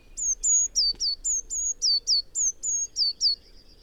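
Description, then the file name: Eurasian blue tit giving a rapid series of thin, very high notes, some flat and some downslurred, about four per second for over three seconds. "Cyanistes caeruleus"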